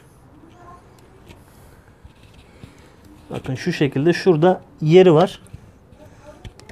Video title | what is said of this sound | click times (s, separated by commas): SCOOTER ÖN ARKA VARYATÖR DEĞİŞİMİ - DEBRİYAJ BALATASI KAVRAMA VE KAYIŞ YENİLEME | oturacak Evet şu anda yerine oturdu o sağ ayak | 6.4 s, 6.6 s, 6.7 s